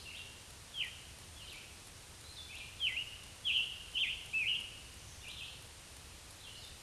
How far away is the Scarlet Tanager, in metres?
about 25 m